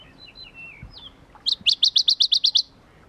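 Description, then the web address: Shrub frog call: a fast run of about nine sharp, high clicks, preceded by thin descending whistles. Recorded at Kuda on 28 June 2012. "June 28 2012 Phfuscatus Kuda"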